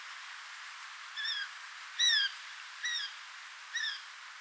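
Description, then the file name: Eurasian jay calls: four spaced, clear downslurred notes, roughly one a second, over a steady background hiss. "Garrulus glandarius"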